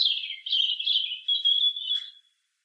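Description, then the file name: European robin song: a sustained, fluttering high warble that wavers in pitch and ends with a brief sharp note before falling quiet. "Erithacus rubecula"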